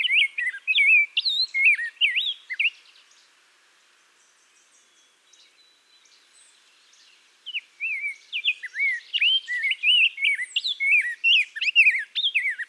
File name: RBGR SONG MN - Rose-breasted Grosbeak - Pheucticus ludovicianus